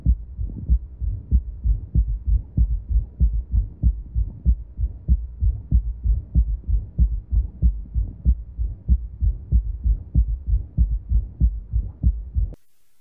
The first heart sound, second heart sound, and then the low frequency third heart sound that follows.